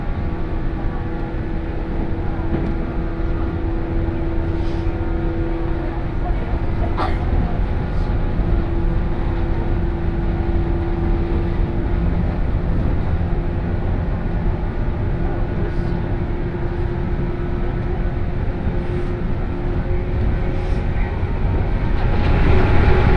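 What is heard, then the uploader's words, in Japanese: Inside a moving train, a dense steady low rumble carries a constant motor hum, with faint clicks from the track now and then. 湖西線普通 京都→小野 117系。トンネル内でのモーターのうなりが特徴で、かつての185系特急踊り子のような音を響かせて走ります。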